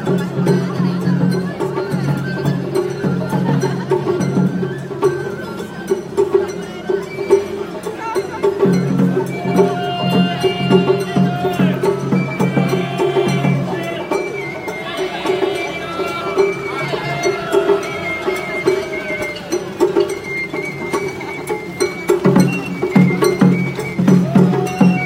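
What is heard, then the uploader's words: Festival sound at the Hachioji Summer Festival: a thick, steady low hum of crowd and music runs almost throughout, thinning briefly near 8 and 22 seconds. Bright flute-like tones and clanking bell sounds rise over it, busiest around 15 to 18 seconds. Hachioji Summer Festival. Hachioji, a town in the western Tokyo suburbs, has a large summer festival at the end of every July. The city's downtown area near its namesake train station is blocked off and for an entire Sunday evening.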